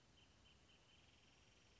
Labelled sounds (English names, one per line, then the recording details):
Wrentit
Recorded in Sonoma County, California